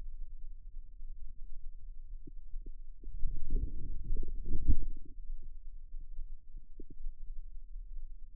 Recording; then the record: forearm muscle sounds (acoustic myography)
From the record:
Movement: outward rotation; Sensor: system 2, bracelet of six BSWA MPA416 microphones around the upper forearm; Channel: 4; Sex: male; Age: 22 years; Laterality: right